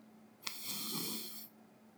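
A single sniff-like inhalation through the nose lasts about one second. It starts with a brief snort, then becomes a hissy, whistling 'supi' airflow noise. This is nasal whistling on breathing in, made harsher by a nose blocked with mucus, in an adult with chronic allergic rhinitis.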